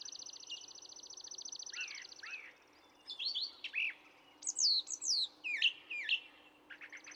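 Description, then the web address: Brown thrasher song: a long high buzzy trill, then a run of varied sharp slurred and chirping phrases, mostly high-pitched and quickly changing. "birdsongforthecurious Brown Thrasher"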